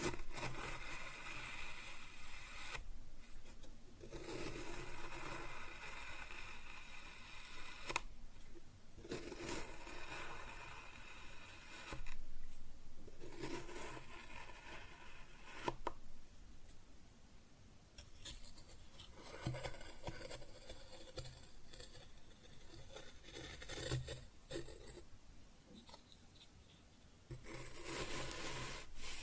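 Kinetic sand being cut and scooped, with soft gritty rubbing and scraping strokes that come in bursts of a few seconds each, separated by brief quieter gaps. The texture stays fine and grainy throughout, with irregular pacing and no other sounds.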